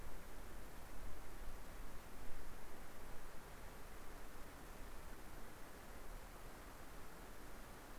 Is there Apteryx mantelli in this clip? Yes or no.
no